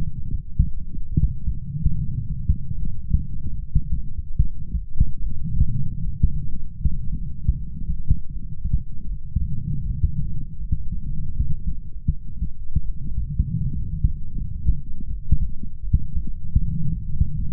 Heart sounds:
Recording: heart sounds by stethoscope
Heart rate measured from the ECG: 77 bpm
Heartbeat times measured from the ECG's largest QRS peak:
0.25 s: heartbeat
1.11 s: heartbeat
1.95 s: heartbeat
2.76 s: heartbeat
3.56 s: heartbeat
4.38 s: heartbeat
5.20 s: heartbeat
6.01 s: heartbeat
6.78 s: heartbeat
7.53 s: heartbeat
8.29 s: heartbeat
9.05 s: heartbeat
9.83 s: heartbeat
10.58 s: heartbeat
11.32 s: heartbeat
12.06 s: heartbeat
12.83 s: heartbeat
13.59 s: heartbeat
14.33 s: heartbeat
15.06 s: heartbeat
15.81 s: heartbeat
16.58 s: heartbeat
17.32 s: heartbeat
From the record:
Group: healthy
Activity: light exercise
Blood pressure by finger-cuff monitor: 97/45 mmHg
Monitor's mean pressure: 58 mmHg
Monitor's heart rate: 76 bpm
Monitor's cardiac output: 7.1 L/min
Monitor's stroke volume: 94 mL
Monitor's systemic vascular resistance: 560 dyn s/cm5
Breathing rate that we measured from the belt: 16 breaths a minute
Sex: male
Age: 25 years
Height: 170 cm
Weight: 70.4 kg

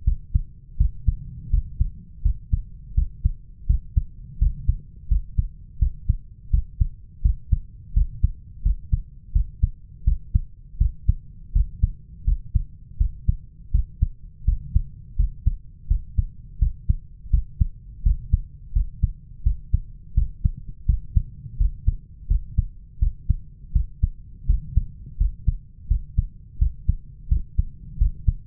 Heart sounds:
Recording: heart sounds by stethoscope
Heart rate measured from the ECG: 84 bpm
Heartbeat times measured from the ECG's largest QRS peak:
0.06 s: heartbeat
0.79 s: heartbeat
1.52 s: heartbeat
2.25 s: heartbeat
2.97 s: heartbeat
3.69 s: heartbeat
4.41 s: heartbeat
5.10 s: heartbeat
5.81 s: heartbeat
6.53 s: heartbeat
7.24 s: heartbeat
7.96 s: heartbeat
8.65 s: heartbeat
9.35 s: heartbeat
10.06 s: heartbeat
10.80 s: heartbeat
11.55 s: heartbeat
12.27 s: heartbeat
13.00 s: heartbeat
13.74 s: heartbeat
14.47 s: heartbeat
15.18 s: heartbeat
15.90 s: heartbeat
16.61 s: heartbeat
17.33 s: heartbeat
18.05 s: heartbeat
18.75 s: heartbeat
19.45 s: heartbeat
20.17 s: heartbeat
20.88 s: heartbeat
21.60 s: heartbeat
22.30 s: heartbeat
23.01 s: heartbeat
23.75 s: heartbeat
24.49 s: heartbeat
25.20 s: heartbeat
25.90 s: heartbeat
26.61 s: heartbeat
27.31 s: heartbeat
28.00 s: heartbeat
From the record:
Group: healthy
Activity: rest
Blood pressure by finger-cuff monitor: 131/81 mmHg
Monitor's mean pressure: 99 mmHg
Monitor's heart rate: 84 bpm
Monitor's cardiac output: 7.1 L/min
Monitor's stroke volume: 84 mL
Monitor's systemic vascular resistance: 1060 dyn s/cm5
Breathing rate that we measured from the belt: 18 breaths a minute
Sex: male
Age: 21 years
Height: 175 cm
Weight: 72.6 kg

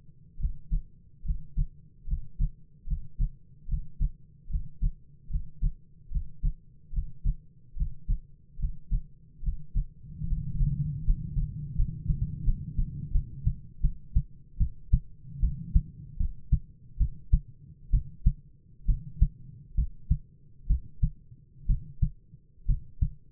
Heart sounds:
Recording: heart sounds by stethoscope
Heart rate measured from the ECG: 73 bpm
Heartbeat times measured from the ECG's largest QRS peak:
0.38 s: heartbeat
1.23 s: heartbeat
2.05 s: heartbeat
2.85 s: heartbeat
3.66 s: heartbeat
4.48 s: heartbeat
5.28 s: heartbeat
6.09 s: heartbeat
6.91 s: heartbeat
7.75 s: heartbeat
8.57 s: heartbeat
9.41 s: heartbeat
10.25 s: heartbeat
11.01 s: heartbeat
11.74 s: heartbeat
12.43 s: heartbeat
13.11 s: heartbeat
13.80 s: heartbeat
14.57 s: heartbeat
15.39 s: heartbeat
16.17 s: heartbeat
16.97 s: heartbeat
17.90 s: heartbeat
18.85 s: heartbeat
19.75 s: heartbeat
20.67 s: heartbeat
21.66 s: heartbeat
22.66 s: heartbeat
From the record:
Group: healthy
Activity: breath hold 0-12 s, rest 12-23 s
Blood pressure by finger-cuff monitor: 104/58 mmHg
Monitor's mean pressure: 67 mmHg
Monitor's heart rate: 74 bpm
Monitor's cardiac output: 7.4 L/min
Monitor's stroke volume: 103 mL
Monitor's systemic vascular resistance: 630 dyn s/cm5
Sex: male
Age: 22 years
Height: 185 cm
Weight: 112.4 kg

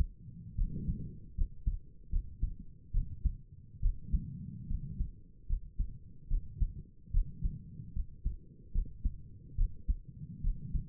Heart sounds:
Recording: heart sounds by stethoscope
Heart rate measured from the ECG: 73 bpm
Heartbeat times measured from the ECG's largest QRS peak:
0.57 s: heartbeat
1.36 s: heartbeat
2.11 s: heartbeat
2.93 s: heartbeat
3.82 s: heartbeat
4.69 s: heartbeat
5.48 s: heartbeat
6.29 s: heartbeat
7.13 s: heartbeat
7.95 s: heartbeat
8.73 s: heartbeat
9.57 s: heartbeat
10.43 s: heartbeat
From the record:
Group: healthy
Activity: rest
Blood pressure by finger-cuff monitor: 87/57 mmHg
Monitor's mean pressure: 66 mmHg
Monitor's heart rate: 74 bpm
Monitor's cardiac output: 5.7 L/min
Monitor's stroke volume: 77 mL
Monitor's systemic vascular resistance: 830 dyn s/cm5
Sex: female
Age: 22 years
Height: 163 cm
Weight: 67.1 kg

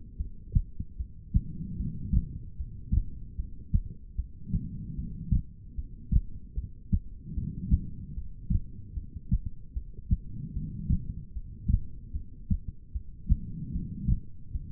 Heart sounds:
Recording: heart sounds by stethoscope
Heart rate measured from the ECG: 75 bpm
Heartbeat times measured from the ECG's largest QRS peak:
0.17 s: heartbeat
0.97 s: heartbeat
1.77 s: heartbeat
2.56 s: heartbeat
3.36 s: heartbeat
4.16 s: heartbeat
4.95 s: heartbeat
5.75 s: heartbeat
6.55 s: heartbeat
7.34 s: heartbeat
8.14 s: heartbeat
8.94 s: heartbeat
9.73 s: heartbeat
10.53 s: heartbeat
11.33 s: heartbeat
12.13 s: heartbeat
12.92 s: heartbeat
13.72 s: heartbeat
14.52 s: heartbeat
From the record:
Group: heart failure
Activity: rest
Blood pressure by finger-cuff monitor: 116/90 mmHg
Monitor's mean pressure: 99 mmHg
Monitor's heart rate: 75 bpm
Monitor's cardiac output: 4.3 L/min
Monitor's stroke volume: 57 mL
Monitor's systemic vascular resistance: 1730 dyn s/cm5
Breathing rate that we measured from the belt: 20 breaths a minute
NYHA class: 2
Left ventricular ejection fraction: 58%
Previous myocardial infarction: absent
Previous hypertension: present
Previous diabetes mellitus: absent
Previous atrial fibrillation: absent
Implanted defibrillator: absent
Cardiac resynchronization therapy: absent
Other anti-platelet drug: absent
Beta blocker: bisoprolol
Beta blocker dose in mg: 5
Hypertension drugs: ramipril, spironolactone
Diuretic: furosemide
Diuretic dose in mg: 160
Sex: female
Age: 55 years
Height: 155 cm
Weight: 67 kg

